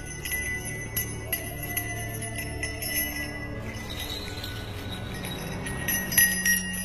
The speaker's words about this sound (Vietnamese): Đoạn, lão pháp sư lấy chiếc chuông từ trong túi đưa lên cao, tay bắt quyết bắt đầu niệm. Tiếng chuông vang lên xoáy sâu vào trong không gian.